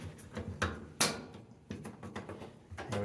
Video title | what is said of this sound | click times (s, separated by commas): GE Washing Machine Won't Spin | the left side in first slide that over push it up and then we'll slide it to the right it should click in place | 1.0 s